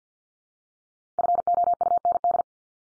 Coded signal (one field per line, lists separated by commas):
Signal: Morse code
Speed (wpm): 50 wpm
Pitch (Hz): 700 Hz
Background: none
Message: FOUND